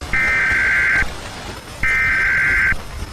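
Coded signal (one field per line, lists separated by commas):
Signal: Emergency Alert System (SAME) tones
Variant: header bursts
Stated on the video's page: Fictional EAS scenario, pure fiction, not a real alert.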